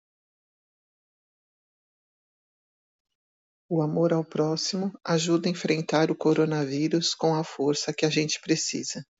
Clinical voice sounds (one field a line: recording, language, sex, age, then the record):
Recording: spoken sentence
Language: Brazilian Portuguese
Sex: female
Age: 50 to 59 years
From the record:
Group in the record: control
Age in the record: 52 years